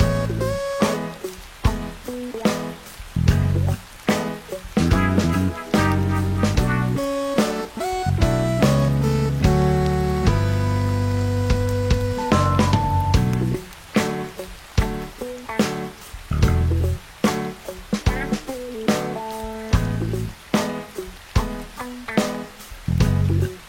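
Music with a steady, regular beat of sharp hits over sustained low bass notes and brighter melodic tones. Around ten to thirteen seconds the hits thin out, leaving held chords, before the rhythm returns and continues to the end.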